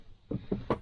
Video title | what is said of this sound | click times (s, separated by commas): VAN TOUR - 2017 Ram Promaster - Best Van Conversion! | just pop into place really helps cut down on the wind noise when we're driving | 0.3 s, 0.5 s